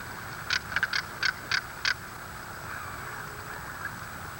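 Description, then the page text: Southern crested caracara call: several grating, scratchy notes in an uneven burst lasting about a second and a half, over continuous background noise. Calls, recorded in Argentina. "Fotos de aves de Argentina"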